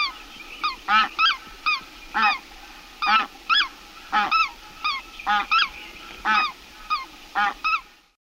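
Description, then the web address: Lesser white-fronted goose uttering shrill, quavering yelps repeated roughly every half second, some doubled, over a steady low background hiss. Uzbekistan. "Uzbek hayvonlar. Anser erythropus"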